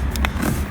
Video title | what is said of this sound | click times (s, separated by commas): Como reparar la ventanilla de un #bmw serie 3 e90 / How to repair the window of a Bmw 3 series e90 | and it has to click so that the pins hook well | 0.2 s